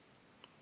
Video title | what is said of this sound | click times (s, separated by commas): Options biellette réglables papotages | et après ça vient se clipser sur les côtés | 0.4 s